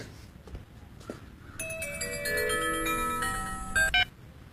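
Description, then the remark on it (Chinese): A phone rings with a bright, melodic electronic ringtone, a run of stepping tones that starts after a few soft knocks and ends in a brief louder burst. No one speaks. It is a phone call in the TV show 北京欢乐时光 2018 (Beijing Happy Times 2018). “张庭接到电话之后立刻拖着打好石膏的腿离开。”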